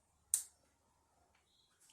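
The adjustable handlebar stem on an Ariel Rider X Class 52v e-bike gives one sharp, bright click at 0.3 s as the adjuster passes into its next detent position. The click marks the individual lock points, and the stem is seated in the next one. Only faint, quiet background sound follows.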